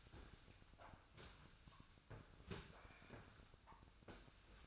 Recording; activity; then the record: daily activity, microphone in the room; sweep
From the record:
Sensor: 2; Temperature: 24.0 degrees Celsius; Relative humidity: 35.5%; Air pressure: 1004.6 hPa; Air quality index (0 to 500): 91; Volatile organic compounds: 2 ppm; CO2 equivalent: 1097 ppm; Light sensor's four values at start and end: 6/14/6/6 and 6/15/6/6